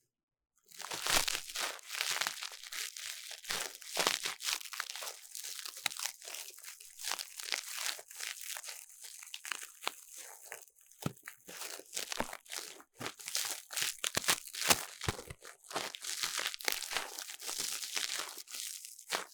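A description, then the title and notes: Ear cleaning sounds: a dense, continuous run of crackling, crinkling scratches with a bright, hissy edge. After a short silence at the start, the rustling fills the rest of the clip, with irregular louder crunches scattered throughout and no steady rhythm. ASMR 3Dio 耳掃除 귀 청소 | Ear Cleaning | No Talking.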